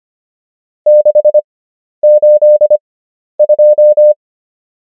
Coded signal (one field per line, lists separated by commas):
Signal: Morse code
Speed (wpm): 25 wpm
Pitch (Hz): 600 Hz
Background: none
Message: 682